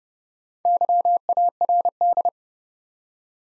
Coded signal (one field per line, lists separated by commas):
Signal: Morse code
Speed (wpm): 30 wpm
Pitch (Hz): 700 Hz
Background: none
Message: YARD